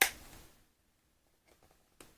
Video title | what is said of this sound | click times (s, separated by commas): The Only Problem With Porn **ADULT** | Come on now, you clicked. | 0.0 s